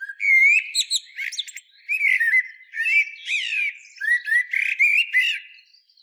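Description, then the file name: Common blackbird with a run of fluty, rising and falling phrases laced with sharp high squeaks, delivered almost without pause. "Turdus merula"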